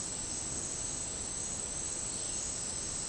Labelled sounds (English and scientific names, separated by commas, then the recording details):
none
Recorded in dense forest near Puerto Asís, Putumayo, Colombia, on 18 February 2024 at 10:00
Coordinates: 0.486, -76.316
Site G6437